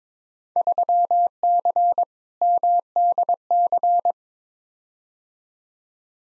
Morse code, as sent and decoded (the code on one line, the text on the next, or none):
...-- -.-. / -- -.. -.-.
3C MDC